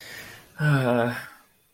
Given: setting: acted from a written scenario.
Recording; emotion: vocal sound without words; guilt